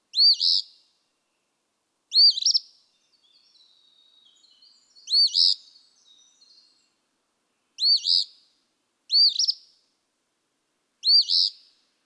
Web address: songs Eastern Phoebe